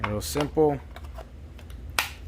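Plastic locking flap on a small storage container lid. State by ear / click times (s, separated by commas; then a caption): seated / 2.0 s. A locking flap on a small plastic kit container, about the size of a deck of cards, is pressed down onto the container body while someone talks briefly. A couple of faint ticks come just before a single sharp snap at 2.0 seconds as the flap locks into place and seats.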